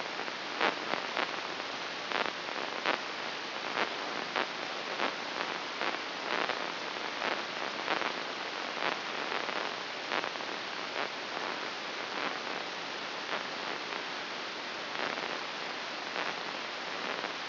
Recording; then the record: brain microelectrode recording played as sound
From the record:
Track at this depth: inside the subthalamic nucleus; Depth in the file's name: 3.94 mm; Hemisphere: right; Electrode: 2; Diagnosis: Parkinson's disease